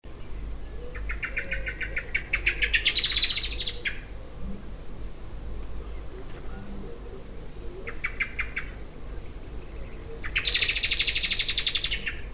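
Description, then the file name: Common blackbird giving rapid rattling chatter calls in three bursts, two of them loud and harsh, with a low steady hum underneath. "Turdus merula"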